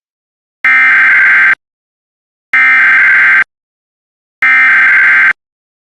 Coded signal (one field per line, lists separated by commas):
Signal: Emergency Alert System (SAME) tones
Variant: header bursts